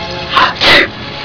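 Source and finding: Adult. Sneeze.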